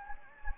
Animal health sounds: mosquito wingbeat signal from an infrared sensor; Anopheles gambiae

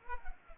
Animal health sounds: mosquito wingbeat signal from an infrared sensor; Culex pipiens

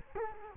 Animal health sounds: mosquito wingbeat signal from an infrared sensor; Culex quinquefasciatus

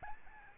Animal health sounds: mosquito wingbeat signal from an infrared sensor; Aedes albopictus

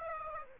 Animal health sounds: mosquito wingbeat signal from an infrared sensor; Aedes aegypti

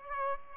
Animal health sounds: mosquito wingbeat signal from an infrared sensor; Aedes aegypti

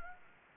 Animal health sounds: mosquito wingbeat signal from an infrared sensor; Anopheles gambiae

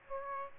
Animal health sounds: mosquito wingbeat signal from an infrared sensor; Aedes aegypti

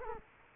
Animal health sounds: mosquito wingbeat signal from an infrared sensor; Culex quinquefasciatus

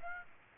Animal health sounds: mosquito wingbeat signal from an infrared sensor; Aedes aegypti

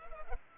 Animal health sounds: mosquito wingbeat signal from an infrared sensor; Culex pipiens

